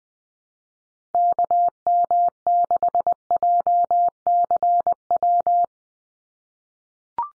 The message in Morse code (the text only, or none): KM6JCW